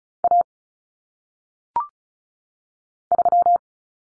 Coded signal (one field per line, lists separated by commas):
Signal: Morse code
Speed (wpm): 36 wpm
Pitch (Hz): 700 Hz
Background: none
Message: A 3